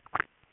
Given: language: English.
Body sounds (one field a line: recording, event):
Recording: throat vibration sensor signal played as sound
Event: swallow